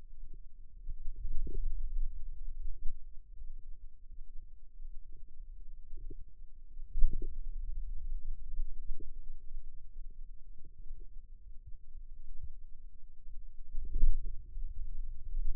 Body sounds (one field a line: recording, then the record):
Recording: forearm muscle sounds (acoustic myography)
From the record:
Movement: radial deviation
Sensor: system 2, bracelet of six BSWA MPA416 microphones around the upper forearm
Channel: 5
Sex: male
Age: 22 years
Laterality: right